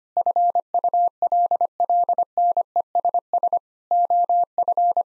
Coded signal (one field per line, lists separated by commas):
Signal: Morse code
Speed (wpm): 25 wpm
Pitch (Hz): 700 Hz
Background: none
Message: FULLNESS OF